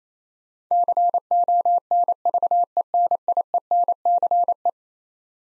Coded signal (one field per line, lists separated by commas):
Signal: Morse code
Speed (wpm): 27 wpm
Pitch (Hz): 700 Hz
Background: none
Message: CONVENIENCE